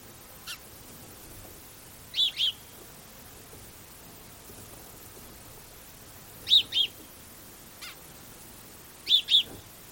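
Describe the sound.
House sparrow chirps: three bright doubled chirps, each pair of notes quickly repeated, spaced several seconds apart over a quiet background with a few faint ticks.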